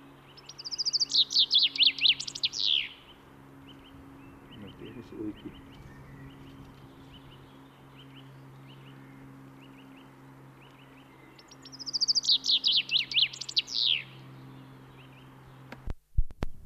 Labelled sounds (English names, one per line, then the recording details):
Common Chaffinch
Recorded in the wild
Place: Oberstdorf, Bayern, DE
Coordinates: 47.38, 10.2969
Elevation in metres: 881
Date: 1976-04-03
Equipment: Nagra IV, Sennheiser MKH 405, Parabolreflektor
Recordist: Tretzel, Erwin